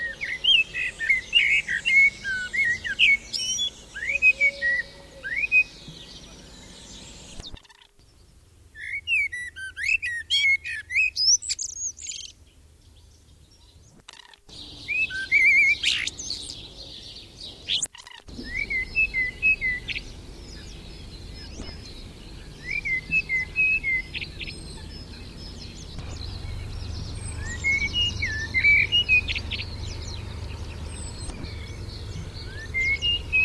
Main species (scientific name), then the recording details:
Turdus merula. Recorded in the wild. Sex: male. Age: adult. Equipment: Überspiel, Halbspur, Uher Report 4000. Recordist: Tretzel, Erwin